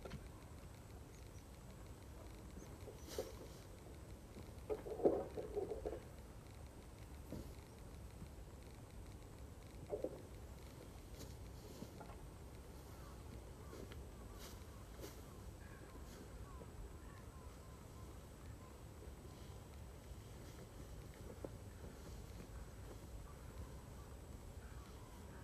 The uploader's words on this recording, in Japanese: 機械音あり バインダーで稲刈り、ハザ掛け。